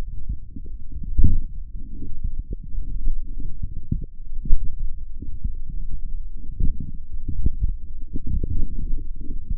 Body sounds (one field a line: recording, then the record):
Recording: forearm muscle sounds (acoustic myography)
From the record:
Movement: forearm supination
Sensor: system 1, eight BSWA MPA416 microphones around the upper forearm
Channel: 8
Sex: male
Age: 42 years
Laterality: right